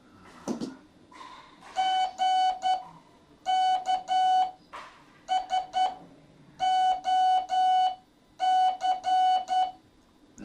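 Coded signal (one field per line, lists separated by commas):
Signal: Morse code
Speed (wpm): 10 wpm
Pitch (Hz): 750 Hz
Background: none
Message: G K S O C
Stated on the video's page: Morse from an intermediate Morse code class lesson.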